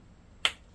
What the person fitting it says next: I get a nice click.